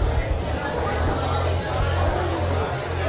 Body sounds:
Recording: background sound without coughing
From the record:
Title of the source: CITY SOUNDS Busy Bar in the Evening Night - 2 HOURS of Ambiance for Relaxation

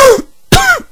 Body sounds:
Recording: coughing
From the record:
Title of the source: Coughing 51

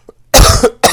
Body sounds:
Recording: coughing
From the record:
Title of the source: Coughing 79

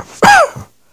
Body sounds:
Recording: coughing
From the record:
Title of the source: Heavy cold and sore throat coughing.

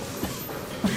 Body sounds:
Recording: coughing mixed with background sound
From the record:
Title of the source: Spring Allergy Coughing

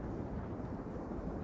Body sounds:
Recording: background sound without coughing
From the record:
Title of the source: Train Ride Ambience ambient white noise for sleeping, focus, studying, reading

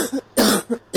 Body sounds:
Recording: coughing mixed with background sound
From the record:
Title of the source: 60 coughing still (deep and wet cough)

